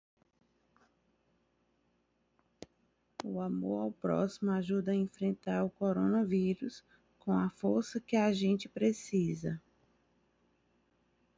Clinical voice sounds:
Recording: spoken sentence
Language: Brazilian Portuguese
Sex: female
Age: 30 to 39 years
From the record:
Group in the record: control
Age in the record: 37 years

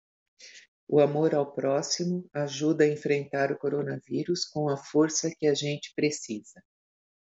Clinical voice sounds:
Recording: spoken sentence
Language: Brazilian Portuguese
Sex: female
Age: 60 to 69 years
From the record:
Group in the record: control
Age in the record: 65 years

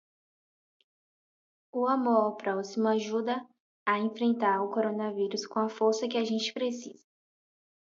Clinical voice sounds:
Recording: spoken sentence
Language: Brazilian Portuguese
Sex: female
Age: 20 to 29 years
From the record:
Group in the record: control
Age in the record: 22 years

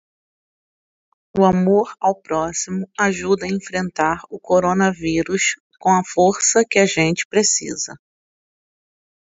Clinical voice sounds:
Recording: spoken sentence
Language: Brazilian Portuguese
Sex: female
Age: 40 to 49 years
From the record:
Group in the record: control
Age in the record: 42 years

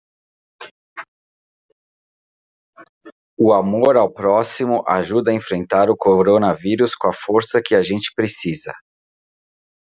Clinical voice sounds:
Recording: spoken sentence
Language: Brazilian Portuguese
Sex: male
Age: 50 to 59 years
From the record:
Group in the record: control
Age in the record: 55 years

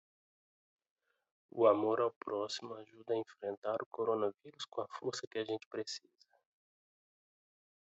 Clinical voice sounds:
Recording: spoken sentence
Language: Brazilian Portuguese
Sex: male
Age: 30 to 39 years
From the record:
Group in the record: control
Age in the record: 31 years

